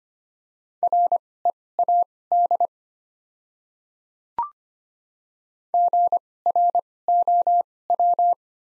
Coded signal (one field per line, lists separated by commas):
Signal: Morse code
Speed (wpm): 25 wpm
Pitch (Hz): 700 Hz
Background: none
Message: READ GROW